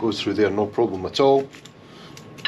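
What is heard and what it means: A Litelok X1 D-lock shackle is fed through the wheel hub of a BMW R1300GS motorcycle, around the brake and between the spokes, while someone talks. Speech fills the first second and a half, then quiet handling follows, with brief sharp taps near 2.2 s and 2.5 s at the very end. The shackle has not yet seated or clicked into the lock body.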